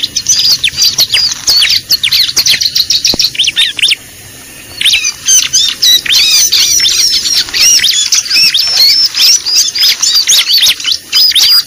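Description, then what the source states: Bar-winged prinia: quick bursts of high chirping calls, many overlapping, a brief lull near four seconds, then a busier chatter of sharp notes. Lure call used for trapping (pikat).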